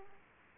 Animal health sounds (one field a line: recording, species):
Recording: mosquito wingbeat signal from an infrared sensor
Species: Aedes aegypti